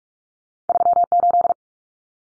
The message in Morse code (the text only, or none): 38